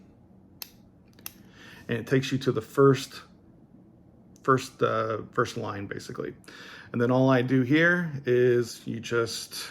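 The plastic dose knob on the end of a multi-dose injector pen is turned two clicks to prime it, with two sharp clicks at 0.6 and 1.3 seconds. The knob seats at the first line, the priming position, and someone talks afterward.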